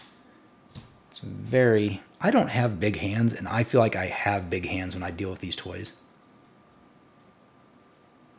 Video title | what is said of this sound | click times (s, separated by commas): GI Joe Classified Series Retro Scarlett Unboxing & Review! | so there there you go it just kind of I thought it snapped into place maybe oh I just didn't have it far enough | 0.8 s